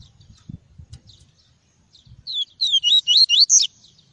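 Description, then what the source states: Double-collared seedeater singing a single fast phrase of clear, swooping whistles that climb in pitch near its close, after a second or two of soft low rustling. Song of the "tui-tui" variety.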